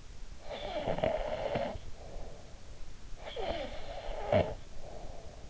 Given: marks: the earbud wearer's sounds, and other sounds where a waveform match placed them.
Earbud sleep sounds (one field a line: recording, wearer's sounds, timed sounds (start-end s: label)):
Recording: sounds in sleep by an in-ear microphone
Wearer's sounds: snoring breath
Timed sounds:
0.27-2.80 s: snoring breath
3.03-5.49 s: snoring breath